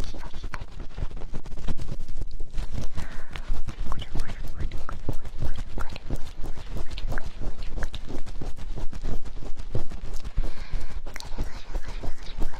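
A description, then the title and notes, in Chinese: Very fast poking at the ears, a dense, unbroken stream of sharp taps and soft thuds running for the full length with almost no pauses. The hits come quickly and unevenly over a constant low, muffled rumble, with a few brighter clicks now and then. 免疫福音 超快速戳耳朵。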